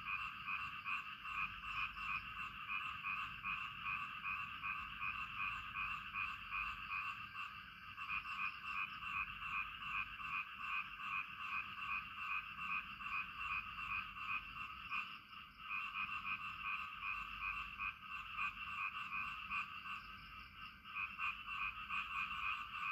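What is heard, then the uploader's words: Frogs call in a dense, continuous chorus, their rapid, pulsing croaks overlapping into a steady bright rattle. Beneath it runs a low, even rush like rain. The chorus thins briefly around 8 and 15 seconds before swelling back. Frog and Rain.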